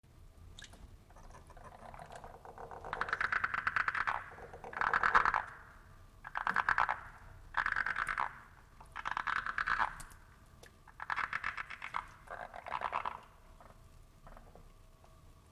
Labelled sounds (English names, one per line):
Edible Frog call